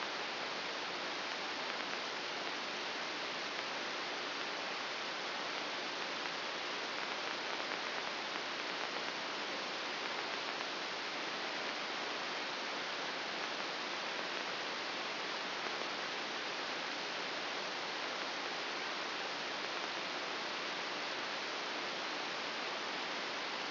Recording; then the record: brain microelectrode recording played as sound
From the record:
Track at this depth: outside the subthalamic nucleus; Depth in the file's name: 6.401 mm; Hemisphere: right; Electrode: 2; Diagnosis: Parkinson's disease